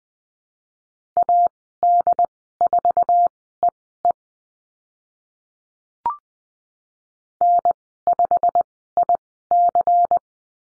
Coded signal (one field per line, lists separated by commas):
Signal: Morse code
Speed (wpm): 20 wpm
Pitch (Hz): 700 Hz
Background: none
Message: AD4EE N5IC